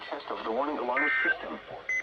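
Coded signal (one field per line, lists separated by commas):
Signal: Emergency Alert System (SAME) tones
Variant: end-of-message bursts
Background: speech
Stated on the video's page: Saturday NOAA Weather Radio weekly tests received from four transmitters.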